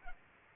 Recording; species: mosquito wingbeat signal from an infrared sensor; Culex pipiens